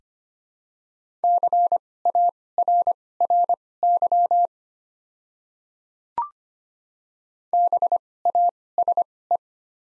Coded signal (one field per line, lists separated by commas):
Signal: Morse code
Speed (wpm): 25 wpm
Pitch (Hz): 700 Hz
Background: none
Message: CARRY BASE